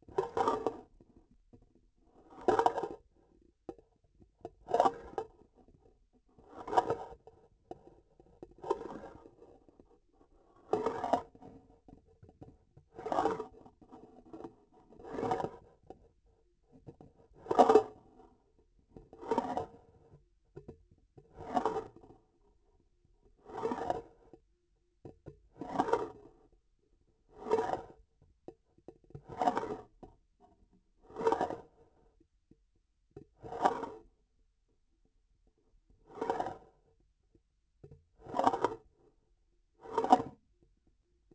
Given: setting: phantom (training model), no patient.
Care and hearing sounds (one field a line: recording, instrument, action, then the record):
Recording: laparoscopic instrument, vibration sensor on the handle end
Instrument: grasping forceps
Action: approaching and retracting movements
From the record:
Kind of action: spatial motion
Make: Olympus